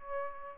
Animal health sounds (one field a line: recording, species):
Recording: mosquito wingbeat signal from an infrared sensor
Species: Aedes albopictus